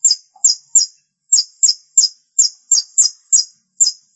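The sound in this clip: Long-tailed shrike song: a quick, uneven string of high, scratchy paired notes, about three per second.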